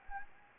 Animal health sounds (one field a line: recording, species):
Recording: mosquito wingbeat signal from an infrared sensor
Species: Anopheles arabiensis